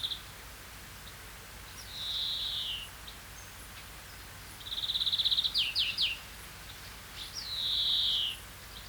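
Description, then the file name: European greenfinch calls: a drawn-out buzzy wheeze falling in pitch, then a fast rattling trill ending in sharp notes, then another long descending wheeze. "Chloris chloris"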